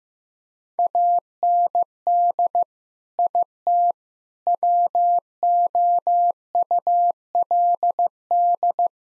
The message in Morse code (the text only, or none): AND IT WOULD